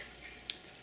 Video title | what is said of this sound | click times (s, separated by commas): Gearing Up Swiza D03 Swiss Army Knife | lock but I mean it just kind of snap shot in that place | 0.5 s